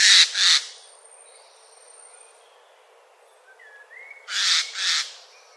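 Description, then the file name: Eurasian jay gives two rasping double screeches, one at the start and one near the end, separated by quiet with faint thin bird whistles. "Garrulus glandarius"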